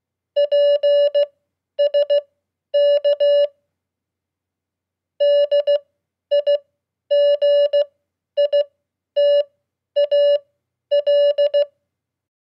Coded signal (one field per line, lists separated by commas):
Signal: Morse code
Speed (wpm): 16 wpm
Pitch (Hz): 580 Hz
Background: none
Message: PSK DIGITAL